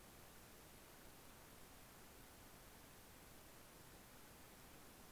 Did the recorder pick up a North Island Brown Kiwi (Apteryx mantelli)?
no